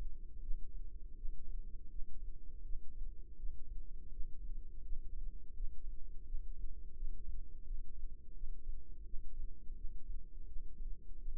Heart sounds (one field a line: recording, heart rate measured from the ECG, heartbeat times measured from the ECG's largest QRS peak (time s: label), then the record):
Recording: heart sounds by microphone in the left ear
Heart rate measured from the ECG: 84 bpm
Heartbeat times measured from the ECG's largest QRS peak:
0.39 s: heartbeat
1.14 s: heartbeat
1.88 s: heartbeat
2.61 s: heartbeat
3.36 s: heartbeat
4.09 s: heartbeat
4.81 s: heartbeat
5.53 s: heartbeat
6.23 s: heartbeat
6.93 s: heartbeat
7.63 s: heartbeat
8.33 s: heartbeat
9.03 s: heartbeat
9.73 s: heartbeat
10.45 s: heartbeat
11.17 s: heartbeat
From the record:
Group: healthy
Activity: Valsalva maneuver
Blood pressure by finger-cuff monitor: 156/108 mmHg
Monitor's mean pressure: 126 mmHg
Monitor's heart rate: 83 bpm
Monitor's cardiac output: 4.6 L/min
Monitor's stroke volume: 56 mL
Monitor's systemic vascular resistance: 2040 dyn s/cm5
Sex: female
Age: 51 years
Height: 162 cm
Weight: 70.04 kg